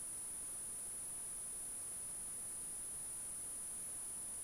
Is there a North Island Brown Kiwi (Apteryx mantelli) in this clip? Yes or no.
no